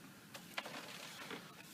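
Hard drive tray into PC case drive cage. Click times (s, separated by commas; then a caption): 0.3 s, 0.6 s. A tool-less plastic hard drive tray is slid back into a PC case's drive cage, sliding against faint background noise. It latches with two small clicks at 0.4 s and 0.6 s, the second sharper and louder, and the tray is seated.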